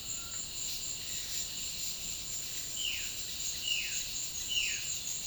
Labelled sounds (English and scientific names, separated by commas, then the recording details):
Violaceous Jay (Cyanocorax violaceus)
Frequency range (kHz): Violaceous Jay (Cyanocorax violaceus) 1.4-3.6 kHz
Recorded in dense forest near Puerto Asís, Putumayo, Colombia, on 18 February 2024 at 16:30
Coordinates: 0.502, -76.324
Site G6370